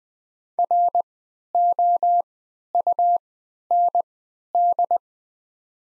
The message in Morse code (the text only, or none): ROUND